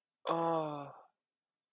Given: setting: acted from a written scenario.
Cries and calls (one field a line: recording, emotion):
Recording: vocal sound without words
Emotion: sympathy